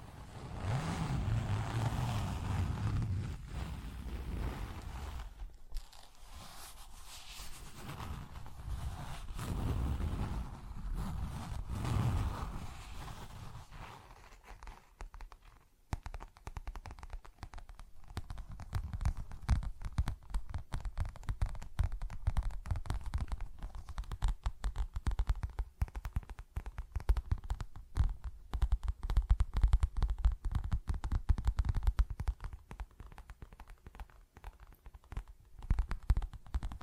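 Tapping and scratching sounds. The first fifteen seconds are a dense, low rumbling scrape with a few stronger swells around five and ten seconds. After that the sound turns into rapid, crackly tapping that keeps going to the end, uneven in loudness.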